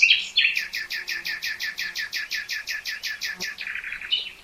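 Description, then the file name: Common nightingale song: a long, fast, evenly repeated series of throaty notes, closing with a brief higher flourish. "Luscinia megarhynchos"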